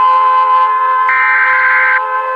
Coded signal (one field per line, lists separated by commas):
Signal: Emergency Alert System (SAME) tones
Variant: header bursts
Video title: Rating EAS Alarms Part 4 (MEGA EDITION)